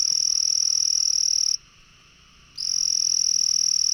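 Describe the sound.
Frog giving a steady, high-pitched trill for about one and a half seconds, a pause of about a second, then another long trill.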